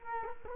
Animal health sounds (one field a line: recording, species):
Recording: mosquito wingbeat signal from an infrared sensor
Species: Culex quinquefasciatus